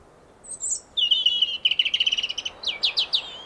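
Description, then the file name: European robin song: a high thin whistle, a slurred descending note, then a fast trill of repeated notes and a few sharp, sweeping chips. "Erithacus rubecula"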